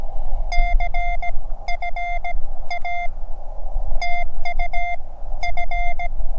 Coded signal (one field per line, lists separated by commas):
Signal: Morse code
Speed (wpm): 17 wpm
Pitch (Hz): 3500 Hz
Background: none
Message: CFA TU F